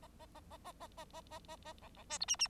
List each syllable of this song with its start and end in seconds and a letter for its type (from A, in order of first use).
0.01-0.07 A, 0.19-0.26 A, 0.34-0.40 A, 0.50-0.57 A, 0.64-0.72 A, 0.80-0.88 A, 0.97-1.05 A, 1.13-1.21 A, 1.31-1.39 A, 1.48-1.56 A, 1.64-1.73 A, 1.82-1.89 B, 1.96-2.04 B, 2.09-2.18 C, 2.20-2.25 D, 2.27-2.36 E, 2.39-2.48 E